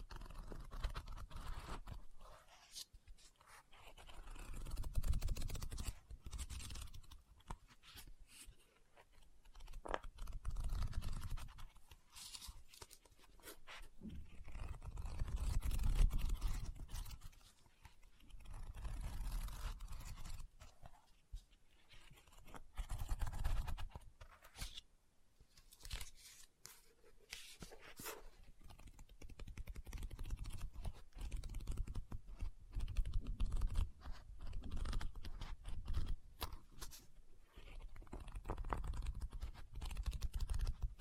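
Tapping, scratching and page turning on a book. Soft, low rustling swells come and go roughly every five seconds, while sharp, quick taps and dry scratches scatter irregularly across the whole stretch. The sounds stay quiet, with brief near-silent gaps between them.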